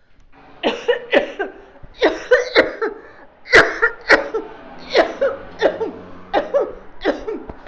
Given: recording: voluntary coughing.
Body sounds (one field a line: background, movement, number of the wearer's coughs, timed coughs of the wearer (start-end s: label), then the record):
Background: traffic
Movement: walking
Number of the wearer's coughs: 10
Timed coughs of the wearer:
0.64-1.02 s: cough
1.11-1.56 s: cough
2.00-2.47 s: cough
2.53-3.04 s: cough
3.51-3.96 s: cough
4.07-4.51 s: cough
4.92-5.40 s: cough
5.62-5.98 s: cough
6.34-6.84 s: cough
7.02-7.44 s: cough
From the record:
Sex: female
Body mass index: 21.8 kg/m2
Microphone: on the chest, facing outward